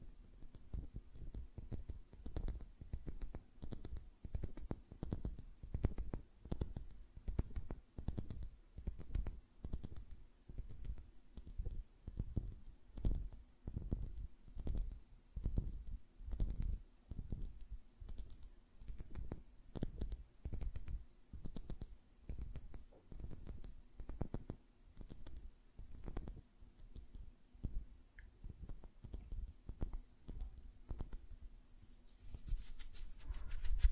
Tapping on Nails, Finger Fluttering, Hand Sounds